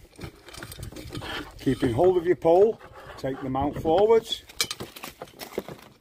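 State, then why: Seated. A plastic/metal pole/pipe mount adapter is pushed forward onto the pole mast of a Starlink Gen3 satellite dish while the pole is held steady. Someone talks over light handling taps, and then a sharp click at 4.7 s marks the mount seating into place on the dish pole, followed by a few softer clicks and rattles.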